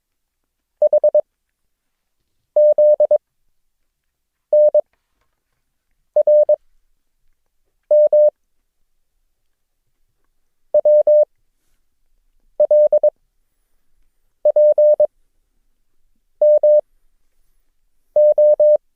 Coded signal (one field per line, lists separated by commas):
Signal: Morse code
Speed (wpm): 22 wpm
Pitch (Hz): 600 Hz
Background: none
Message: HZNRM WLPMO